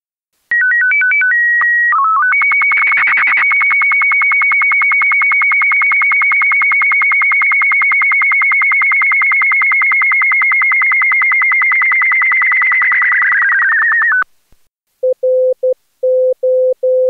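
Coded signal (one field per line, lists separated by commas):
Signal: SSTV (slow-scan television)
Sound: stepped header tones, then a steady warbling whine with rapid regular ticks, cut off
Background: short low beeps after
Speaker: volg nu het slos ken tv plaatje ja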